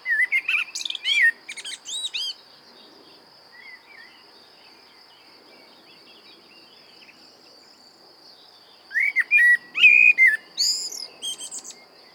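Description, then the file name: Common blackbird song: a fluting whistled phrase with a high squeaky ending, a long quiet pause of several seconds, then another similar whistled phrase. "Turdus merula"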